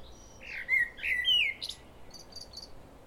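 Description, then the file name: Common blackbird singing three quick, rich fluted notes, then a rapid burst of high, thin twittering. "Turdus merula"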